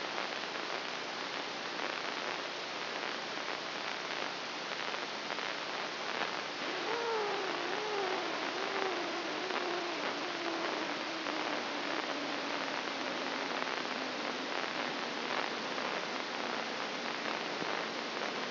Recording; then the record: brain microelectrode recording played as sound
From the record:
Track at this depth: inside the subthalamic nucleus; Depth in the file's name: 3.513 mm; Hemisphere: left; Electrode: 3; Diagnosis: Parkinson's disease